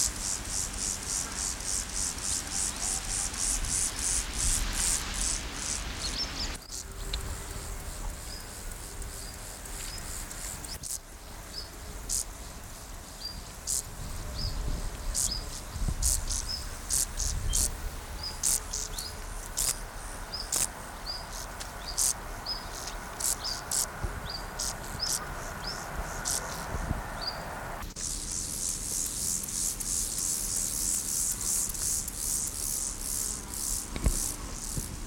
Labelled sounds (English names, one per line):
Meadow Grasshopper stridulation